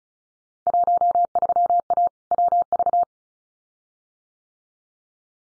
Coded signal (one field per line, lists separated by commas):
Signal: Morse code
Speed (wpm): 34 wpm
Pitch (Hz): 700 Hz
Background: none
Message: 13A WV